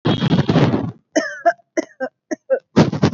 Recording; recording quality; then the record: heavy voluntary cough; excellent, no background noise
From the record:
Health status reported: COVID-19 positive, mild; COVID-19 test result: positive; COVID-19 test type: RT-PCR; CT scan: not taken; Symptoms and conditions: fever, fatigue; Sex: female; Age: 33 years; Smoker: no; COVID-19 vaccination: both doses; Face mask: not worn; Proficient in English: yes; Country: India